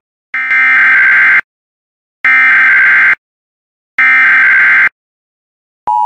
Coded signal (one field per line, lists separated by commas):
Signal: Emergency Alert System (SAME) tones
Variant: header bursts